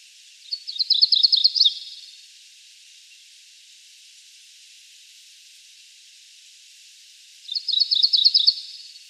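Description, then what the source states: MacGillivray's Warbler song, a rich burry series of rapid notes, given twice about seven seconds apart. A common variant song type with a rich, burry tone, lacking the two-part feel of the more typical song type.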